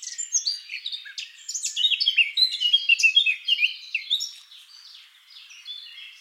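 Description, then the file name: Eurasian blackcap song: a rapid, varied warble of whistled and buzzy notes, loudest in the middle, then dropping to a soft twitter. "Sylvia atricapilla"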